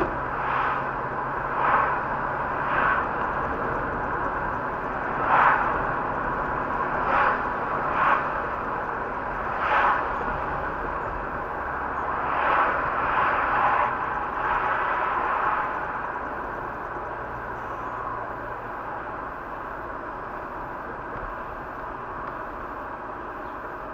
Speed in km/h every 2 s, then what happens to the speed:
45, 46, 47, 47, 47, 45, 42, 39, 38, 35, 34, 33.
0-8 steady at about 47. 8-24 slows to 33.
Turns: none.